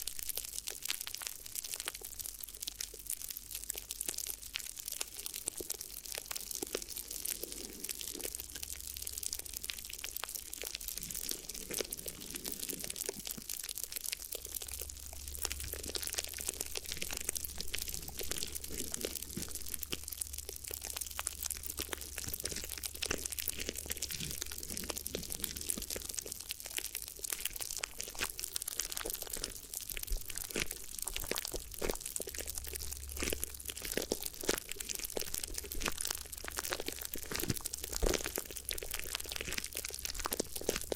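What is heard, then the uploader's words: A crinkly ear massage: dense, continuous crackling and crunching, like plastic or foil being crumpled and rubbed without pause for the whole stretch. The texture is bright and busy, with a low muffled rumble swelling in during the middle and again near the end. ASMR Addictive Crinkly Ear Massage (No Talking).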